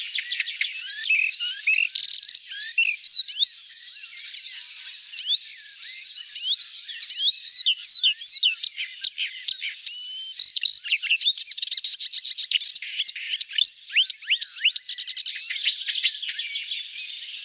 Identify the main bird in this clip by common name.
Marsh Warbler